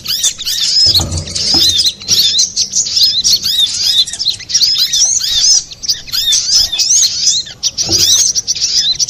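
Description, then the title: Little spiderhunter song, a dense, fast stream of high, thin chirps and sharp twittering notes, almost unbroken, with a few brief low thumps underneath. Master recording used for training cage birds; labelled with the style name Labaik. "Masteran Burung Sogok Ontong Labaik"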